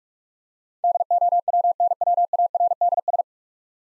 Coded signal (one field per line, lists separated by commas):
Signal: Morse code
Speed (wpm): 46 wpm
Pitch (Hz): 700 Hz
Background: none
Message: DOWNWARDS